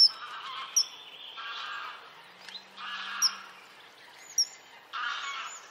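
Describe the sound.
Bird calls: rough, harsh bursts in four spaced phrases, mixed with sharp high chips and short whistles.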